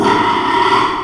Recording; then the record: squeal of a Yucatan mini pig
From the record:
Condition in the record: after surgery on the right vocal fold (resection and tissue-engineered implant); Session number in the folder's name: 1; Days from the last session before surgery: 6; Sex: male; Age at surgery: 12 weeks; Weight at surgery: 13 kg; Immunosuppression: cyclosporine, prednisolone